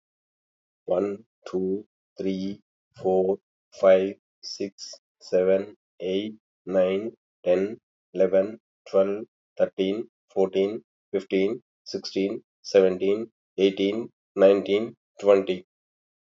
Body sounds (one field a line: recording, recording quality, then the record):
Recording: counting at a normal pace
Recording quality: excellent, no background noise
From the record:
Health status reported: healthy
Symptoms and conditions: hypertension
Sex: male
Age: 52 years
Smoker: not ticked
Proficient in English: no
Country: India